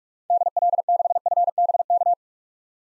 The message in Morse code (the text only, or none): DL6FBK